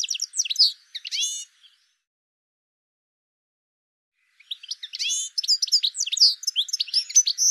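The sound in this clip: Bird song: rapid jumbled bursts of high chirps and trills, one phrase at the start, then silence, then a longer twittering phrase from about four seconds on.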